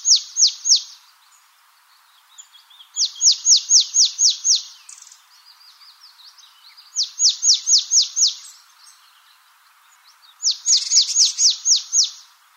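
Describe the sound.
Marsh tit calling: four bursts of rapid, high, downslurred notes, about four to eight per burst, spaced a few seconds apart, with softer twittering between them.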